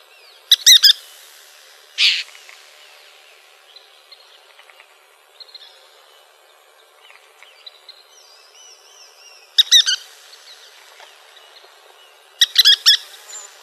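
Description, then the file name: Western kingbird calls, a few brief sputtering bursts of sharp notes and one rough buzzy note, with quiet gaps between. Calls recorded in Arizona. "WEKI CALLS deviche"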